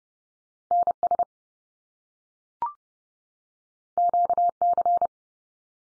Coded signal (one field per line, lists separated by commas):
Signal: Morse code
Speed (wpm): 30 wpm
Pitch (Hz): 700 Hz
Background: none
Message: NS QC